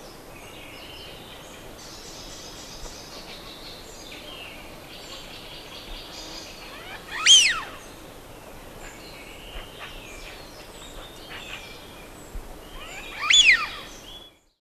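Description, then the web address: Eurasian wigeon whistles: two loud calls about six seconds apart, amid soft background chirping. "Голоса птиц Свиязь"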